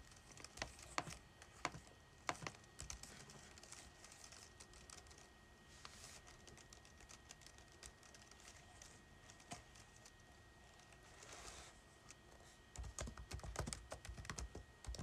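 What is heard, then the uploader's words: Pages flip and a keyboard is typed on, heard as sharp, irregular clicks and rustles scattered through the clip. The sounds cluster densely near the start and again after twelve seconds, with a quieter, sparser stretch in between and a faint steady tone underneath. Flipping Pages and Typing on Keyboard.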